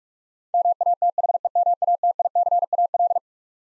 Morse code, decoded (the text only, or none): MATHEMATICAL